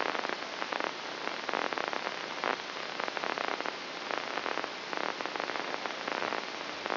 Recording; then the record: brain microelectrode recording played as sound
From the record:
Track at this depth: inside the subthalamic nucleus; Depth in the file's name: 4.709 mm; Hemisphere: left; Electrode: 2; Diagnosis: Parkinson's disease